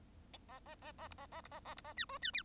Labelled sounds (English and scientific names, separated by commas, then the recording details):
Bengalese Finch (Lonchura striata domestica) song
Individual Bird1